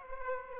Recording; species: mosquito wingbeat signal from an infrared sensor; Aedes aegypti